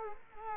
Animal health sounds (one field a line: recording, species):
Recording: mosquito wingbeat signal from an infrared sensor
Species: Culex quinquefasciatus